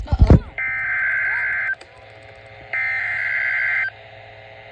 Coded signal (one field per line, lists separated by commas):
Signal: Emergency Alert System (SAME) tones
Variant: header bursts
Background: speech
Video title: SVR #13 (EAS #23)